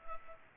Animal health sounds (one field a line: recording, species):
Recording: mosquito wingbeat signal from an infrared sensor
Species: Culex pipiens